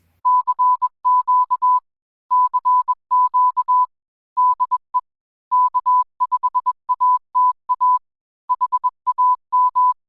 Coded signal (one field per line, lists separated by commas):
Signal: Morse code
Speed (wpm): 21 wpm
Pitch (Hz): 1000 Hz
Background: none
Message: CQ CQ DE K5ATA HAM